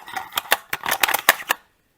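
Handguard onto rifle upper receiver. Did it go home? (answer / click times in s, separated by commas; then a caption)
yes / 1.3 s. A handguard is fitted onto the upper receiver of a Haenel MK 556 rifle during reassembly and moved until its retaining latch button locks. A quick series of sharp metallic clicks and rattles sounds, and the loudest snap at 1.3 s is the button locking into place, seating the handguard, followed by silence.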